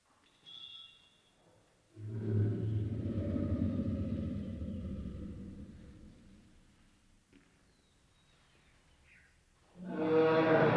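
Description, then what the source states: Lion roar: a deep, rough rumbling that starts abruptly and slowly fades over several seconds, then a sudden louder, broader burst of sound begins at the end. Lion roaring, first distant then close.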